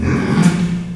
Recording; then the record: squeal of a Yucatan mini pig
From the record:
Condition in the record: after surgery on the right vocal fold (resection and tissue-engineered implant); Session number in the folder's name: 14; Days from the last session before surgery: 133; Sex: female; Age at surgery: 19 weeks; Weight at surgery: 25 kg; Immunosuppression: prednisolone